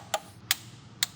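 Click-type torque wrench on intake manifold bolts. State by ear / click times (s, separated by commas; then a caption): torque reached / 0.5 s, 1.0 s. A click-type torque wrench tightens the intake manifold bolts on an Audi RS4 V8, torqued in stages to a final 8 Nm. After a softer sharp tick at 0.1 s, the wrench gives sharp clicks at 0.5 s and 1.0 s over a low background hum. The bolts are confirmed at the final 8 Nm.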